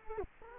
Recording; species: mosquito wingbeat signal from an infrared sensor; Culex quinquefasciatus